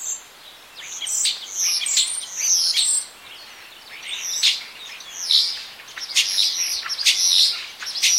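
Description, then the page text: Common starling singing a varied, high jumble of sharp clicks, squeaky chirps and short whistles in irregular bursts. "Common Starling Singing Bird. knut the bird nerd"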